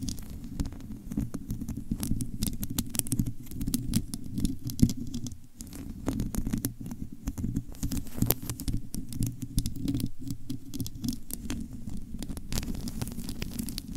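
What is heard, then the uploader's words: Long nails scratch and tap rapidly on a microphone, a dense, uneven patter of crisp clicks over a steady low rumble throughout. ASMR Mic Scratching & Tapping with Long Nails BRAIN MELTING! (No Talking).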